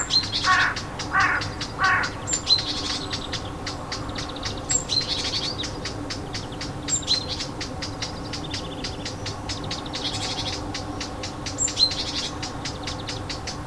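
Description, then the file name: Warbler alarm call, a run of sharp ticking clicks repeated unevenly, with a few short high chirps scattered over it. Alarm calls, 25 June 2014, on an MZ-N710 MiniDisc recorder. "Fauvette cri d alarme 25 06 14"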